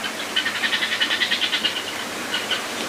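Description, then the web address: Bird giving a rapid chattering rattle of many high, even pulses for over a second, then two brief notes, over steady background hiss. "musicradar outdoor-samples Birds Birds Various"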